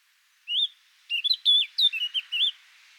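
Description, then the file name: Eurasian blackcap giving a single fluty note, then a burst of bright whistled warbling phrases over a faint steady background hiss. "Sylvia atricapilla"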